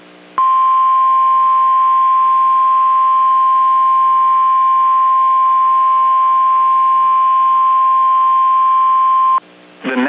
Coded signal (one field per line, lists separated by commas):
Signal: Emergency Alert System (SAME) tones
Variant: 1050 Hz attention tone